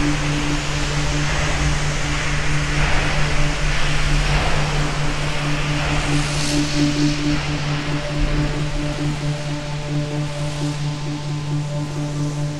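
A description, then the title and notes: A sci-fi scene of leaving a planet and meeting an orbiting GSV, built from a steady low hum with several sustained tones layered over a constant airy hiss. The level stays even throughout, with a faint swell of brighter rushing noise around the middle. The sound of leaving a planet and meeting an orbiting GSV.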